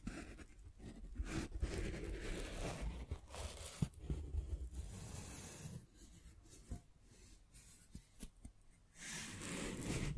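Scratching and rubbing sounds with short taps, in uneven bursts of dry, papery friction. A denser rasping passage runs through the first five seconds, then quieter stretches broken by sharp ticks around six to nine seconds before the scratching swells again at the end.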